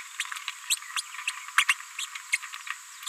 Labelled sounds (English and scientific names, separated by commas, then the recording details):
Green-rumped Parrotlet (Forpus passerinus) babbling
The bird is a female
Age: 31 days
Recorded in a nest box in Venezuela
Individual 17B73B2